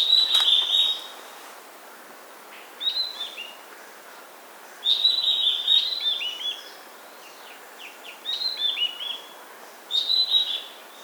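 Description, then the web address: Mountain wren-babbler song: brief high whistled phrases with tumbling descending notes, repeated at intervals of two to three seconds, with steady background hiss. Recorded 8 July 2008. "KNPSUMMIT 20080708. mountain wren-babbler"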